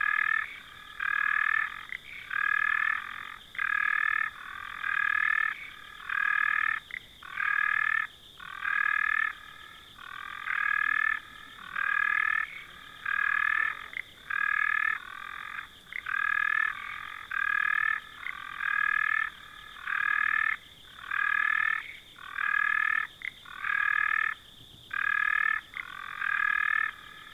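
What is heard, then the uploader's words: A frog calls in rapid, regular pulsed bursts about once a second, a bright rattling croak, repeating steadily throughout. Frogs Around an Arid Dam. Recorded at Round Hill, NSW, in October 2020.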